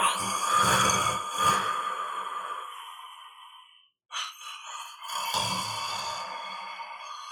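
Slow, noisy breaths with a low fluttering rattle at the start of each, followed by a long fading airy exhale and a brief pause. This is snoring from an adult sleeper, a sound effect.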